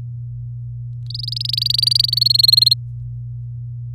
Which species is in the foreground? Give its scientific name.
Serinus canaria